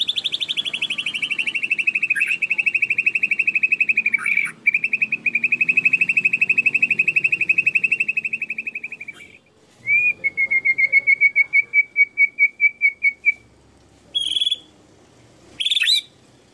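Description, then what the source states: Canary song: a long, fast, even trill held for about nine seconds, a pause, then a second rapid trill and a few sharp chirps. Long-duration canary song, used as a complete bird master (tutor) song.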